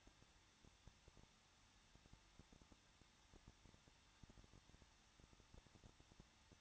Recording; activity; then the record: daily activity, microphone in the room; no activity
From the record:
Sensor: 3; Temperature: 21.2 degrees Celsius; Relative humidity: 36.3%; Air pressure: 1006.3 hPa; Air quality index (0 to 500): 222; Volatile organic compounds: 41 ppm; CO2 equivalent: 3169 ppm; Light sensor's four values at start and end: 2/3/2/2 and 2/3/2/2